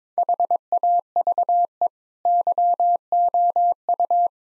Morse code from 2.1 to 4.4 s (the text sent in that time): YOU